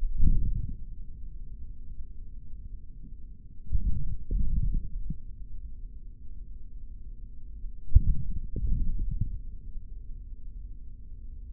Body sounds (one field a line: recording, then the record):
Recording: forearm muscle sounds (acoustic myography)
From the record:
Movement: hand closing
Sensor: system 3, bracelet of six PUI Audio POM-2738L microphones around the upper forearm, with dedicated amplification and filtering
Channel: 3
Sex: male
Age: 26 years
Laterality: right